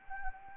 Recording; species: mosquito wingbeat signal from an infrared sensor; Anopheles arabiensis